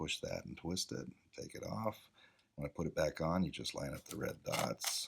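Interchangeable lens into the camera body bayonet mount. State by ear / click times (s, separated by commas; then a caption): not seated / none. An interchangeable lens on an Olympus OM-1 film camera is released with its button, twisted off the bayonet mount, and then brought back to the camera body with its red dots lined up. Someone talks throughout, and no distinct mechanical sounds stand out. The clip ends before the lens goes home, so nothing has seated or clicked yet.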